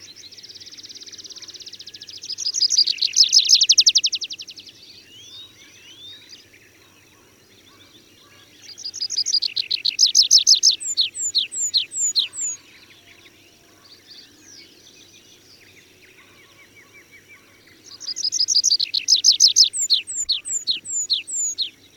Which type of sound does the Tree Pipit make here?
song